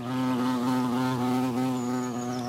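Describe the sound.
Bumblebee buzzing in a continuous, steady low drone with slight wavering in pitch.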